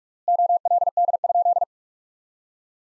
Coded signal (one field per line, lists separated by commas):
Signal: Morse code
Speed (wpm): 43 wpm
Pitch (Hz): 700 Hz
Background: none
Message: OLD?